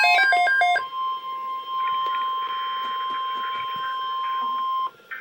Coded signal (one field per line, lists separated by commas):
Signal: Emergency Alert System (SAME) tones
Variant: 1050 Hz attention tone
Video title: REAL EAS 439-Tornado watch